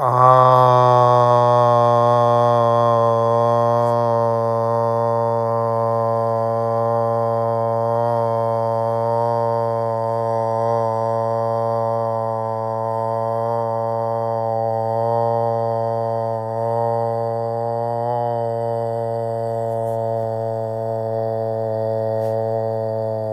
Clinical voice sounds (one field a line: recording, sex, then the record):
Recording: sustained vowel /a/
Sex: male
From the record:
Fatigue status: no fatigue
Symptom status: asymptomatic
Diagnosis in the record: COVID-19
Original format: m4a